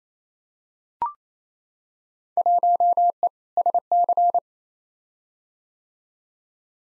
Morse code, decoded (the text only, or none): 1E SC